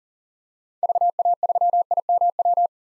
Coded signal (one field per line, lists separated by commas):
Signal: Morse code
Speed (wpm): 37 wpm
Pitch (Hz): 700 Hz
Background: none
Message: VA3IMW